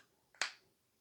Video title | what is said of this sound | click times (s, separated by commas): Parafusadeira Hanabi 16V: O CUSTO-BENEFÍCIO do Mercado Livre Vale a Pena? | travou. Perfeito. | 0.4 s